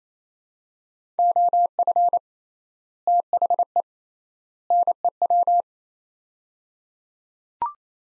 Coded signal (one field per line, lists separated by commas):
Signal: Morse code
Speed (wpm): 28 wpm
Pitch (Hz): 700 Hz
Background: none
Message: OF THE NEW